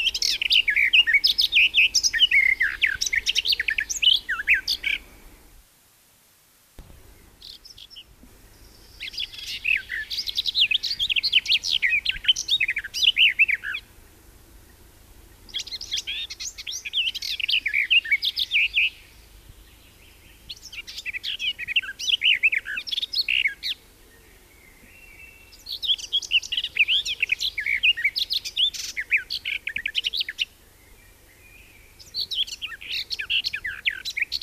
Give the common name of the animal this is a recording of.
Garden Warbler